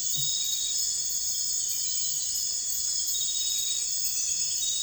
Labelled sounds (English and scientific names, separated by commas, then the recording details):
none
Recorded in dense forest near Puerto Asís, Putumayo, Colombia, on 21 December 2024 at 00:30
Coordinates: 0.484, -76.317
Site G026